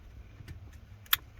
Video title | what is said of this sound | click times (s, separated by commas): Toyota Sienna Clock Spring replacement. Year:2011-2015 | Okay, click. All right, we're halfway done. | 1.1 s